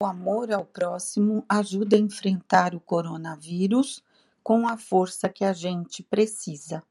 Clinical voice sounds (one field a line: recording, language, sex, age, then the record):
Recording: spoken sentence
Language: Brazilian Portuguese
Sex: female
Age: 60 to 69 years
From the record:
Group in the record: control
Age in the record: 67 years